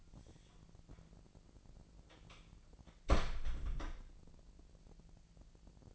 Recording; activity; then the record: daily activity, microphone in the room; close door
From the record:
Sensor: 5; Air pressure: 1001.4 hPa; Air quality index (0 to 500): 248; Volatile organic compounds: 35 ppm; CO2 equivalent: 3060 ppm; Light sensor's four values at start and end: 35/82/33/31 and 37/85/34/33